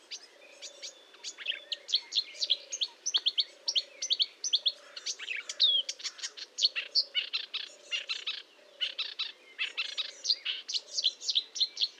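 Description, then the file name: Marsh warbler song, a fast, continuous stream of varied chirps, trills and buzzy notes. Recorded at Fontaine-Française (Fourneau) on 1 June 2022 at 10:55, using Nagra and Telinga equipment. "Rousserolle verderolle 20220601 1055 Fontaine-Francaise-Fourneau-Nagra-Telinga"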